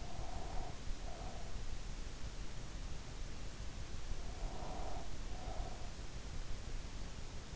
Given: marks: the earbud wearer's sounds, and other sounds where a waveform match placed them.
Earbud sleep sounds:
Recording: sounds in sleep by an in-ear microphone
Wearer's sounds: breath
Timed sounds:
0.00-1.55 s: breath
4.31-5.98 s: breath

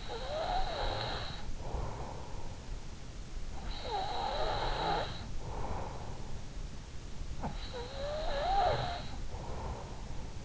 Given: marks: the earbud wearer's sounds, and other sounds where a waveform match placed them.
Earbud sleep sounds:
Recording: sounds in sleep by an in-ear microphone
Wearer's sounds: breath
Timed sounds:
0.00-2.79 s: breath
3.54-6.62 s: breath
7.54-10.45 s: breath

